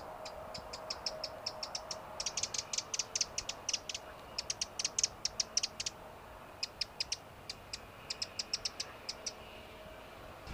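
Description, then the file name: Eurasian wren giving long series of sharp, dry ticking notes, fast and irregular, sometimes bunching into rattling bursts, over steady low background hum. "Troglodytes troglodytes"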